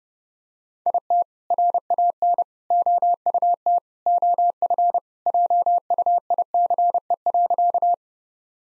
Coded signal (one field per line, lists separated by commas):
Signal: Morse code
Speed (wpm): 32 wpm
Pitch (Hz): 700 Hz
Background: none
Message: IT RAN OUT OF JUICE.